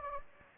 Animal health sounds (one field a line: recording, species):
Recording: mosquito wingbeat signal from an infrared sensor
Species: Anopheles gambiae